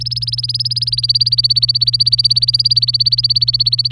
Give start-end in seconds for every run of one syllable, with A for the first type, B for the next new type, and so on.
0.00-3.92 A